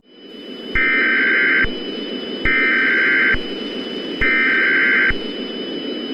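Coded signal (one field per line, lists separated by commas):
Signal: Emergency Alert System (SAME) tones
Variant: header bursts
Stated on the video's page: Fictional Emergency Alert System scenario about extreme cold as Earth drifts away from the sun.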